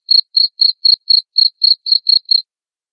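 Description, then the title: Cricket calling with ten quick, high-pitched chirps in a regular row, then silence. Loud cricket chirping (ngerik) played to make lovebirds sing continuously (ngekek). "Suara JANGKRIK NGERIK Keras Bikin LOVEBIRD Jadi NGEKEK Terus Vubey"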